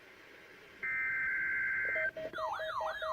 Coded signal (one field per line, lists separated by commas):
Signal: Emergency Alert System (SAME) tones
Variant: header bursts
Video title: NOAA Required Weekly Tests (EAS #1008-1012)